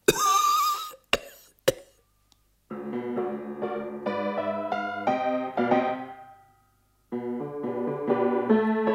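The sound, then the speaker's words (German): A man lets out a rough, drawn-out cough, then two short, sharp coughs. After a brief silence, music with steady sustained tones begins and carries on. “Du bist ein abscheulich hustendes Ungeheuer.”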